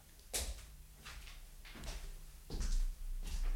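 A door opens and shuts as a man comes in through it, with a sharp knock or latch click at the start and heavier low thuds later, over a muffled background rumble with no talking.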